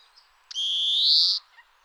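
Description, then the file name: European greenfinch giving one drawn-out, buzzy, nasal wheeze that swells and rises slightly before cutting off sharply. "Chloris chloris"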